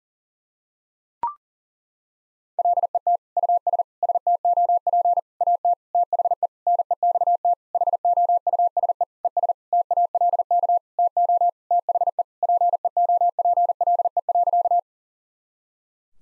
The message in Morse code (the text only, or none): LET US STOP AT THE NEXT HOUSE ES TALK TO THE PEOPLE.